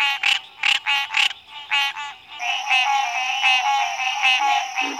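Green treefrog honks, a few separate nasal notes then overlapping calls merging into a continuous buzzy chorus, with a thin high tone over the latter half.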